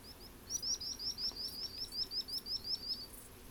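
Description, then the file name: Common sandpiper song: a fast run of many thin, high, slightly rising whistled notes. Singing, in Portland on 15 August 2017 at 00:48. "Common-Sand-inc-singing-Portland-150817-00 48"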